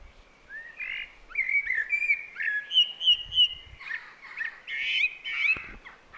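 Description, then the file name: Eurasian blackbird song: flowing fluty whistles, a few repeated clear notes in the middle, then rich warbled phrases with some scratchy edges. "Turdus merula"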